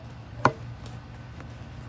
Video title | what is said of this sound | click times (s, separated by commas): Great Value Full Suspension Electric Scooter From AMAZON | when you lay this down it's going to lay flat and this lays flat on top of it it clicks in place when you bring it down | 0.4 s